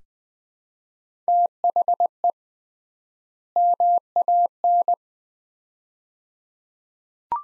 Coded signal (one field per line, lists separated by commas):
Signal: Morse code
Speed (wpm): 20 wpm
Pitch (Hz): 700 Hz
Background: none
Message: THE MAN